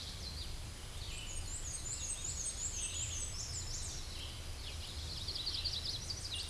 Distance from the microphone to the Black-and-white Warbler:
about 20 m